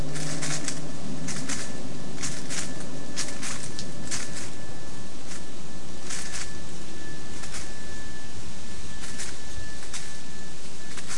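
A spotted towhee scratches through leaf litter in short, irregular rustling bursts over a steady wind rush, with a faint thin tone running throughout.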